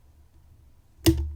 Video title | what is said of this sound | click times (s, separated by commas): Master Lock 230 Hardened Round Body Padlock Pick and Gut | Oh, and I hit 3 and we are now open. | 1.1 s